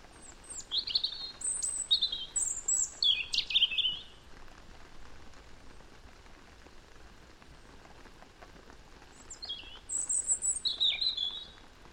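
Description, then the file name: European robin singing rapid high twittering phrases with sharp downslurs, a busy run over four seconds, a long pause, then another phrase. "Erithacus rubecula"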